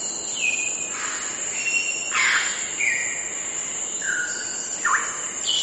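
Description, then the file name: Grey parrot whistling: clear level and falling tonal notes, some sliding downward, given at irregular intervals over a steady high hiss. "canto do papagaio cinzento"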